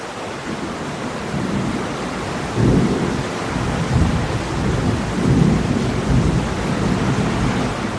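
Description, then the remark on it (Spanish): A heavy downpour hisses steadily throughout while deep, rolling thunder rumbles swell up again and again beneath it, with no voices present. “El chaparrón lo arruina todo.”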